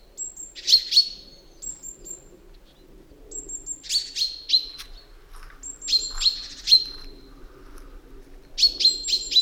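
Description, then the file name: Common chaffinch calling in clusters of two or three sharp metallic notes every couple of seconds, each cluster preceded by a thin, high whistled note. "Fringilla coelebs"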